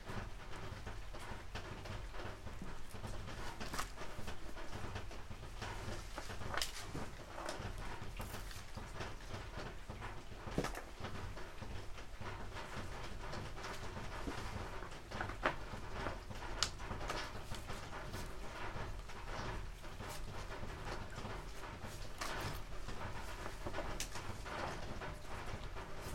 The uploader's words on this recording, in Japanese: 雨降りの日の出荷作業。出荷日の昼下がり。しとしと冷たい雨の日。収穫してきたネギの調整作業中(皮むき、葉落とし、軽量、束にする)。